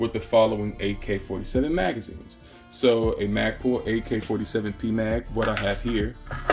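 A polymer AK-47 30-round magazine is handled at the magwell of a PSA KS-47 pistol while someone talks over background music. Nothing has seated or clicked yet; the clip ends just before the magazine is rocked in and locks.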